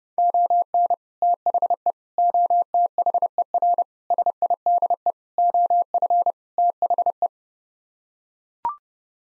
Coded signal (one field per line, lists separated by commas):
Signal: Morse code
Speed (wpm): 30 wpm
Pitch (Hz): 700 Hz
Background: none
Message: ON THE OTHER SIDE OF THE